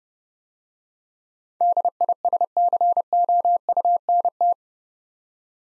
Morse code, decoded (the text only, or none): DISCOUNT